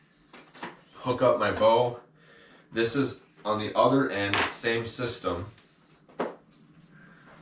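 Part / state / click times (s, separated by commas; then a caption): metal snap clip on a bow hoisting rope, clipping onto a rope loop / seated / 6.2 s. Someone talks while hooking the small metal snap clip of a bow hoisting rope onto a rope loop to attach a bow. A single short click is heard at 6.2 s as the clip snaps shut and seats on the loop.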